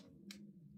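A bicycle's inner gear cable is pulled through the shifter until its nipple seats behind the plastic stopper in the shifter housing. A single sharp, bright click sounds at 0.3 s over a steady low hum, and the cable end is seated in place.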